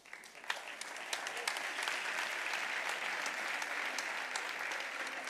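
Steady audience applause for the junior-category podium finishers of a championship, a dense wash of many hands clapping at a sustained, fairly even level with sharp individual claps popping out, continuing throughout without any talking.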